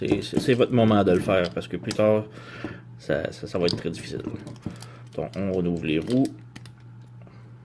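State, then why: Seated. The wheels of a red FansToys FT-24 transforming robot figure are swung open on their pivot until the plastic wheel joint clicks fully into place, with sharp clicks at 6.6 s and 6.7 s. Someone talks over most of the clip, and the joint ends up seated.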